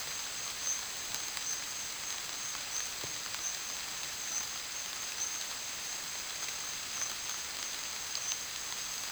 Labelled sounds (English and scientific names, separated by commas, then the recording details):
none
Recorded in secondary vegetation near Puerto Asís, Putumayo, Colombia, on 30 June 2025 at 12:00
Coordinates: 0.499, -76.323
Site G077